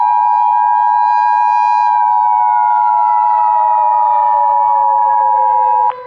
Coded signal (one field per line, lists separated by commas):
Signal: Emergency Alert System (SAME) tones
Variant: 853 and 960 Hz attention tone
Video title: (EAS MOCK) Agricultural Collapse